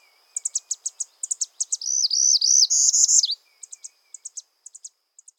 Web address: Northern Parula